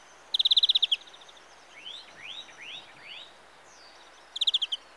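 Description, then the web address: European greenfinch calling, a fast rattling trill, then four slurred whistles, and another short rattle at the end over background hiss. "BBC Sound Effects Library (Birds) Greenfinch (Carduelis Chloris)"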